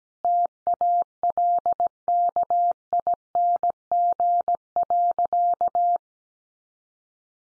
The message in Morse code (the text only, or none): TALKING.